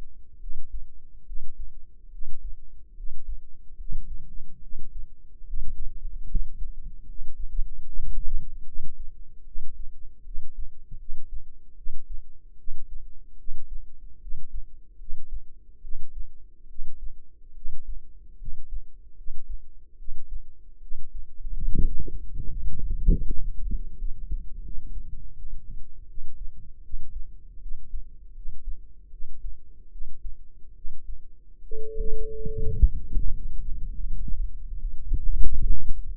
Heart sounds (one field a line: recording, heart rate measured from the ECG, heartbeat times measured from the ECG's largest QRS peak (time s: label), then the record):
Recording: heart sounds by microphone in the left ear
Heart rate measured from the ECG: 75 bpm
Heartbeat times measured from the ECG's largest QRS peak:
0.38 s: heartbeat
1.24 s: heartbeat
2.09 s: heartbeat
2.94 s: heartbeat
3.76 s: heartbeat
4.60 s: heartbeat
5.43 s: heartbeat
6.26 s: heartbeat
7.05 s: heartbeat
7.84 s: heartbeat
8.64 s: heartbeat
9.44 s: heartbeat
10.23 s: heartbeat
10.97 s: heartbeat
11.75 s: heartbeat
12.56 s: heartbeat
13.36 s: heartbeat
14.19 s: heartbeat
14.97 s: heartbeat
15.81 s: heartbeat
16.67 s: heartbeat
17.53 s: heartbeat
18.37 s: heartbeat
19.15 s: heartbeat
19.96 s: heartbeat
20.79 s: heartbeat
21.65 s: heartbeat
22.47 s: heartbeat
23.23 s: heartbeat
23.96 s: heartbeat
24.61 s: heartbeat
25.34 s: heartbeat
26.06 s: heartbeat
26.81 s: heartbeat
27.60 s: heartbeat
28.34 s: heartbeat
29.10 s: heartbeat
29.89 s: heartbeat
30.73 s: heartbeat
31.60 s: heartbeat
32.44 s: heartbeat
33.33 s: heartbeat
34.04 s: heartbeat
34.77 s: heartbeat
35.53 s: heartbeat
From the record:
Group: healthy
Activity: rest 0-35 s, Valsalva maneuver 35-36 s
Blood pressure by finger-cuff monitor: 101/68 mmHg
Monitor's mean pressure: 78 mmHg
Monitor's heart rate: 75 bpm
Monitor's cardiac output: 5.7 L/min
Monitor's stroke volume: 75 mL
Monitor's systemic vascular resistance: 1010 dyn s/cm5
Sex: female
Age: 22 years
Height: 160 cm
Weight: 45 kg